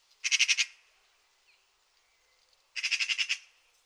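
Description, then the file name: Eurasian magpie giving two short dry rattles, each a quick run of several harsh clicks, separated by roughly two seconds of near quiet. "Pica pica"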